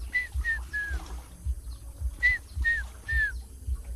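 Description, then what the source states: African fish eagle giving two bursts of three high, clear yelping notes, each falling slightly, over a low rumble. At Lake Victoria; the birds sense weather and wind changes, and their call warns fishermen to leave the lake quickly before strong winds arrive.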